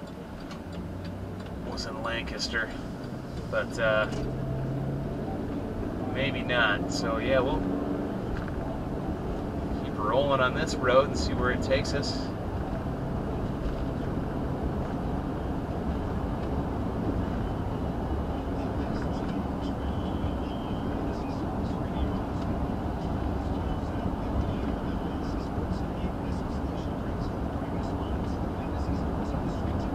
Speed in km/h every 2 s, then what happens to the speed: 11, 18, 31, 45, 58, 66, 72, 76, 77, 79, 77, 79, 79, 79, 79.
0-17 speeds up to 79. 17-30 steady at about 79.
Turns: none.